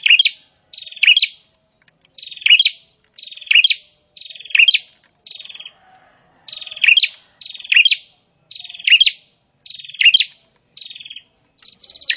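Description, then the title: Prinia song: short buzzy rattling phrases ending in a sharp high note, repeated roughly every second with brief pauses. Prinia singing continuously (prenjak gacor), presented to make listeners' own prinias more aggressive and vocal. "Prenjak gacor ISTIMEWA bikin prenjak ANDA semakin GANAS dan GACOR"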